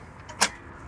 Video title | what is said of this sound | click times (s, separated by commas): etrailer - How to Install the Curt Bike Rack for 2 Electric Bikes on a 2021 Mercedes-Benz GLC | and all you got to do is lift it up and it'll snap | 0.4 s